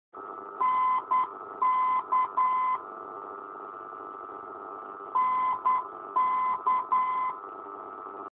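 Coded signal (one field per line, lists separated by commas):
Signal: Morse code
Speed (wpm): 10 wpm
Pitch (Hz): 1020 Hz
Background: none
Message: NK NK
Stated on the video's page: Non-directional beacon "NK" on 494 kHz at the Gdynia Babie Doły military airfield.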